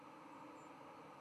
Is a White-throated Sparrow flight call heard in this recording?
no